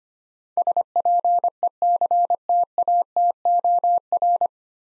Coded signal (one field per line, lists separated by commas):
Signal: Morse code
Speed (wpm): 25 wpm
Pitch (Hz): 700 Hz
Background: none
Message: SPECTATOR